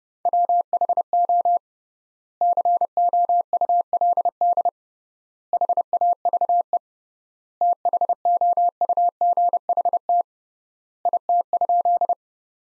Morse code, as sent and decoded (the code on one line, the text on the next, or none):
.-- .... --- / -.-. --- ..- .-.. -.. / .... .- ...- . / - .... --- ..- --. .... - / .. - ..--..
WHO COULD HAVE THOUGHT IT?